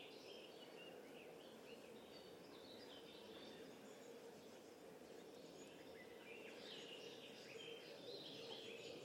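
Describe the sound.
Birds calling, several faint chirps and short whistled notes scattered high over a steady low rushing hum throughout.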